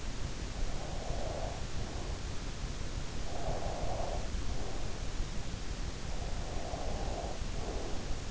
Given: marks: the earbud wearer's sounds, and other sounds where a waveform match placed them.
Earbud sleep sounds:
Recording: sounds in sleep by an in-ear microphone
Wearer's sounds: breath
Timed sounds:
0.65-2.66 s: breath
3.34-5.44 s: breath
6.02-8.31 s: breath

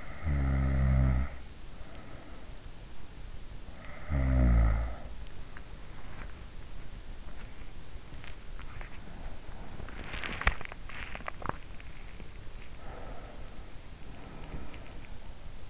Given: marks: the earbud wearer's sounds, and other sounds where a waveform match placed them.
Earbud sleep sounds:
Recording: sounds in sleep by an in-ear microphone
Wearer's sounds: snoring breath, body movement, swallowing, breath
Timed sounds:
0.00-1.14 s: snoring breath
3.79-4.79 s: snoring breath
9.79-11.06 s: body movement
11.06-11.79 s: swallowing
12.79-14.75 s: breath

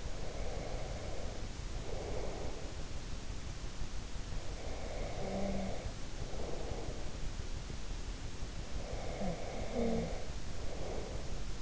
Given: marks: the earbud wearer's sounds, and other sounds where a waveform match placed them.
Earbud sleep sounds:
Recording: sounds in sleep by an in-ear microphone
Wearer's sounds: cough or throat clearing or sniffle, breath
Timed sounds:
0.00-3.15 s: cough or throat clearing or sniffle
4.32-7.47 s: breath
8.70-11.62 s: breath

